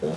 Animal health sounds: pig call; piglet (1 to 25 days)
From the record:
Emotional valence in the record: positive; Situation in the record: huddling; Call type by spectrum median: low-frequency call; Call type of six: low-frequency stable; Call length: 0.17 s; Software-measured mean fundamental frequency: 56 Hz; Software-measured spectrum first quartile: 249 Hz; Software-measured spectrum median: 420 Hz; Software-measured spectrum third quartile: 589 Hz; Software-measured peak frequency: 457 Hz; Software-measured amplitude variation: 100 dB a second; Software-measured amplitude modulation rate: 8.6 a second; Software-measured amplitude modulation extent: 11.6 dB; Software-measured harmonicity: 2.3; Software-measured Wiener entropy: -0.47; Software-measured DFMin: 1083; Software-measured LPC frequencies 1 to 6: 478, 3641, 4600, 5680, 6498, 8127 Hz

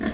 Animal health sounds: pig call; growing-finishing pig (85 days or more)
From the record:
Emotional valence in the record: negative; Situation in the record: barren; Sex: male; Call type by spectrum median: low-frequency call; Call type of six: low-frequency stable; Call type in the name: low-frequency stable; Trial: 4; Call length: 0.13 s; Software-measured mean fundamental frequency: 58 Hz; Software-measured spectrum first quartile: 239 Hz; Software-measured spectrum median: 430 Hz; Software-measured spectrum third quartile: 1280 Hz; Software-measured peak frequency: 221 Hz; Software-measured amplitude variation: 130 dB a second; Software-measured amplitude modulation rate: 19.1 a second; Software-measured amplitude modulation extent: 6.8 dB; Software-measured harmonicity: 3.6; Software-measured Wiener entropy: -1.65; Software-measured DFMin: 774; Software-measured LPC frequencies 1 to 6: 1785, 3335, 4679, 5514, 6415, 7244 Hz

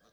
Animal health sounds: pig call; piglet (1 to 25 days)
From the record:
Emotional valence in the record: positive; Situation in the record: short reunion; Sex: female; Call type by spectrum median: low-frequency call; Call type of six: low-frequency tonal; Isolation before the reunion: 3 minutes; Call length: 0.13 s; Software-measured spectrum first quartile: 586 Hz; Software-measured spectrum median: 1489 Hz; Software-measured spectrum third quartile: 4315 Hz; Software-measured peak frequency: 213 Hz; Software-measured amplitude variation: 91 dB a second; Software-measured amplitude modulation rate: 3.8 a second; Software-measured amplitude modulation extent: 23.7 dB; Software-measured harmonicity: -0.4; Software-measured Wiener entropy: -1.57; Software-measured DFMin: 642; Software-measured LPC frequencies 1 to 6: 589, 1449, 3807, 5945, 7611, 8647 Hz

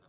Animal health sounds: pig call; piglet (1 to 25 days)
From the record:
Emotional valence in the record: positive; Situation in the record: short reunion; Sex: female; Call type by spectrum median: low-frequency call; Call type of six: low-frequency tonal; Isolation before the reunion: 3 minutes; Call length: 0.09 s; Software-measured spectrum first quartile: 365 Hz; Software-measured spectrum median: 1068 Hz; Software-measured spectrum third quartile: 2625 Hz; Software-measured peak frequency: 148 Hz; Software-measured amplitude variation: 12 dB a second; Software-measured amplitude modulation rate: 5.5 a second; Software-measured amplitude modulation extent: 2.2 dB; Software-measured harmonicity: -2.2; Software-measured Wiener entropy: -1.65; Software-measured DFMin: 767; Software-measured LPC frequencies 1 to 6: 582, 1384, 3586, 4591, 5297, 6256 Hz

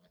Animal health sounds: pig call; piglet (1 to 25 days)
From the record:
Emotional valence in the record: positive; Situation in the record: short reunion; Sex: female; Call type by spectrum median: low-frequency call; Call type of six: low-frequency tonal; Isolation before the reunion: 3 minutes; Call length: 0.10 s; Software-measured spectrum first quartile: 339 Hz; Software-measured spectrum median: 989 Hz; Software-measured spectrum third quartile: 4798 Hz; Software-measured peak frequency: 178 Hz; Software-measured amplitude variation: 105 dB a second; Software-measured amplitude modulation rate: 4.9 a second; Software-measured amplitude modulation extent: 21.2 dB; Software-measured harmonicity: 6.3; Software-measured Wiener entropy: -2.39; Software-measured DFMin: 483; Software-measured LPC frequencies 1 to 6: 589, 1701, 3397, 4391, 5244, 6432 Hz

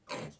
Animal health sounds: pig call; piglet (1 to 25 days)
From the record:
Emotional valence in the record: negative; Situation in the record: restrain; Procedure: back test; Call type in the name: low-frequency call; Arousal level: maximum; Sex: female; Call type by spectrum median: low-frequency call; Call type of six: low-frequency stable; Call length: 0.40 s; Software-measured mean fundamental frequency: 92 Hz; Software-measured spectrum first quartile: 525 Hz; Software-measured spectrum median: 1426 Hz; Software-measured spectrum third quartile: 4337 Hz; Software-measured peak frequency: 511 Hz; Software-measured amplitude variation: 187 dB a second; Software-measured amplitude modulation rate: 12.5 a second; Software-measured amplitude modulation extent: 14.9 dB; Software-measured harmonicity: 1.6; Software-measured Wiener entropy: -1.91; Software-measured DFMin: 633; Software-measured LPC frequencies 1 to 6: 629, 2285, 4109, 6375, 7445, 8506 Hz

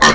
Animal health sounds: pig call; piglet (1 to 25 days)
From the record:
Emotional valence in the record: positive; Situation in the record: reunion after long isolation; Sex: female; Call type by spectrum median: low-frequency call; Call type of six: low-frequency tonal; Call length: 0.15 s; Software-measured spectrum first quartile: 893 Hz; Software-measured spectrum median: 1764 Hz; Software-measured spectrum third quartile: 3272 Hz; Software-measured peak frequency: 1054 Hz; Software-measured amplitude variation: 69 dB a second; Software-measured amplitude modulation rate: 3.3 a second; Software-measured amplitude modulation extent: 20.9 dB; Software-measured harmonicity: -0.3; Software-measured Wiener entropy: -1.59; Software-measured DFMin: 911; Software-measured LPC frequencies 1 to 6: 1084, 1831, 3139, 4137, 5665, 6925 Hz

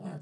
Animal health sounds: pig call; piglet (1 to 25 days)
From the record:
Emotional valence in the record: negative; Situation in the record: short isolation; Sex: male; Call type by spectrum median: low-frequency call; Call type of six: low-frequency stable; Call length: 0.21 s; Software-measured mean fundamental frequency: 49 Hz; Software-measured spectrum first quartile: 174 Hz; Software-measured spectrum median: 261 Hz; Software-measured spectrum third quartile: 683 Hz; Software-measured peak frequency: 177 Hz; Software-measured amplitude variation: 151 dB a second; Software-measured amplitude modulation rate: 11.7 a second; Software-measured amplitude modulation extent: 12.9 dB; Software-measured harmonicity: 5.1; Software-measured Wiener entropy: -0.49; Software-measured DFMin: 793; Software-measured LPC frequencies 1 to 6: 1635, 2673, 3408, 4554, 6214, 7216 Hz

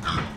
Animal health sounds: pig call; growing-finishing pig (85 days or more)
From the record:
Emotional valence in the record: positive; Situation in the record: run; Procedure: transit

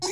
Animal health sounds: pig call; weaner (32 to 43 days)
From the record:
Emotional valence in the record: negative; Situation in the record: novel object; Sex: female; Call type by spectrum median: high-frequency call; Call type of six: high-frequency stable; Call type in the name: high-frequency stable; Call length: 0.12 s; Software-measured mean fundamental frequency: 367 Hz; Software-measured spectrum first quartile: 582 Hz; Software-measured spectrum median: 2636 Hz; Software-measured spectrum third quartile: 5821 Hz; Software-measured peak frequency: 379 Hz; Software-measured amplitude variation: 83 dB a second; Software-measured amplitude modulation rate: 8.2 a second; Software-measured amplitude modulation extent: 10.1 dB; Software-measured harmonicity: 5.3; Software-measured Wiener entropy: -2.95

